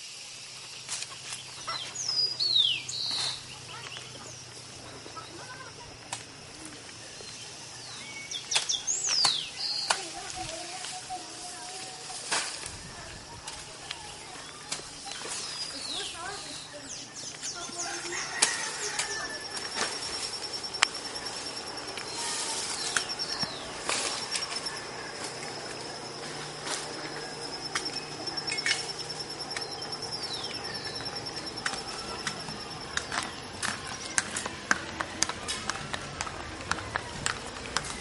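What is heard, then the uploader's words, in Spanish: An outdoor place at the edge of countryside and town: a low, steady hum of traffic or machinery runs under scattered bird chirps and calls. From about eighteen seconds a thin, high insect-like whine holds steady, with occasional sharp clicks and knocks. Paisaje Sonoro: Vía de entrada y salida del pueblo - La Merced, Caldas. Paisaje sonoro realizado por: Esteban Hoyos Jaramillo. La entrada al municipio de La Merced. Es un lugar que transcurre entre la naturaleza del campo y la urbe.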